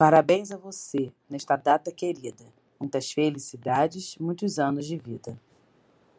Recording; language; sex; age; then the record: short text; Brazilian Portuguese; female; 40 to 49 years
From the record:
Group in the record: control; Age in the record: 43 years